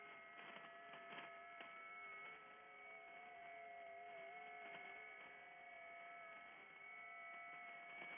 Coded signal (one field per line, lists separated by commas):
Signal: FT8